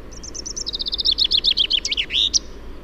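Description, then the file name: Common chaffinch singing one full strophe: a series of high repeated notes, then downward-sliding notes and a sharp terminal flourish; background noise. "Fringilla coelebs"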